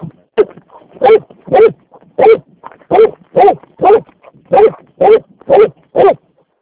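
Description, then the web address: Dog barking, a steady series of about eleven sharp barks roughly every half second. "Vekku. taperan koirat"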